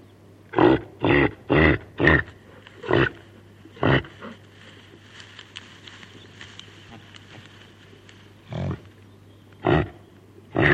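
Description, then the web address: Reindeer giving hoarse grunts, a quick run of about six early on, then a long pause before three more spaced grunts; a faint steady hum underneath. Female reindeer (caribou) calling her calf. "sonidos del reno caribu la hembra del reno llama a su cria"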